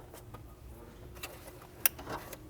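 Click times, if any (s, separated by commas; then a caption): 1.9 s. A mass airflow sensor (or its plug) is pushed into the intake duct on a BMW N55 engine, as fitted to the 2009-2019 E90 335i, F30 335i, F87 M2 and E82 135is. Against quiet handling noise, a sharp, bright click at 1.8 s stands well above the softer taps around it. The sensor is seated.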